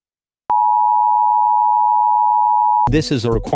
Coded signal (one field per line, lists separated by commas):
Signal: Emergency Alert System (SAME) tones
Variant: 853 and 960 Hz attention tone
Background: speech